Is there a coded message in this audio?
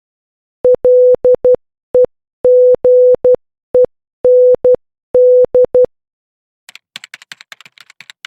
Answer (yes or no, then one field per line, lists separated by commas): yes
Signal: Morse code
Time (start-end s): 0.6-5.8 s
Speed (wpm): 12 wpm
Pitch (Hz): 500 Hz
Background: none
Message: LEGEND